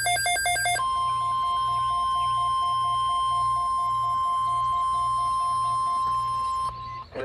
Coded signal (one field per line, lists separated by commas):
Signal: Emergency Alert System (SAME) tones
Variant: 1050 Hz attention tone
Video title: Another MCS I Guess - EAS Alerts from 5/26/24 || EAS 1,267-1,293